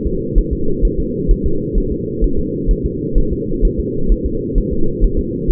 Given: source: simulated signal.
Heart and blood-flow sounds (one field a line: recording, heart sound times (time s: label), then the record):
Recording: fetal heart sounds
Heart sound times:
0.07 s: S2
0.38 s: S1
0.53 s: S2
0.85 s: S1
0.99 s: S2
1.31 s: S1
1.46 s: S2
1.78 s: S1
1.92 s: S2
2.24 s: S1
2.39 s: S2
2.71 s: S1
2.86 s: S2
3.18 s: S1
3.33 s: S2
3.65 s: S1
3.79 s: S2
4.12 s: S1
4.26 s: S2
4.58 s: S1
4.73 s: S2
5.04 s: S1
5.19 s: S2
5.51 s: S1
From the record:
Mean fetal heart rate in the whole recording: 130 bpm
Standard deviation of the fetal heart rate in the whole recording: 4 bpm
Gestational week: 38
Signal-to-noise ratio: -8.1 dB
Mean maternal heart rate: 72 bpm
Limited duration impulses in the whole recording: absent